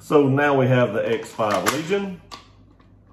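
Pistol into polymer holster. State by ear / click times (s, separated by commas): not seated / none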